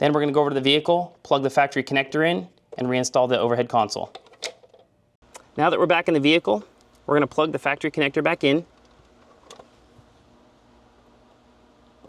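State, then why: Seated. Someone talks while the factory wiring connector is plugged back into the MESO Customs Ultimate Map Light console in a 4th-gen Tacoma, with its pins lined up and not pressed too hard. After the talking stops, two short clicks are heard at 9.5 and 9.6 seconds as the connector locks into place.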